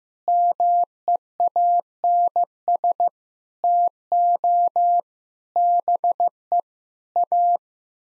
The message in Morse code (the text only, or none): MEANS TO BE A